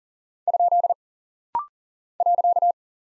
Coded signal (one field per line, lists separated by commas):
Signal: Morse code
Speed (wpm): 39 wpm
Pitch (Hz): 700 Hz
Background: none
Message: ? .